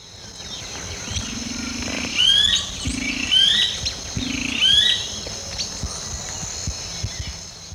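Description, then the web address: Blackish rail calling: low buzzy grunts in short bursts, mixed with high thin squealing notes, over a steady high hum. Recorded in Ecuador, South America. "Birds of Ecuador. Blackish Rail"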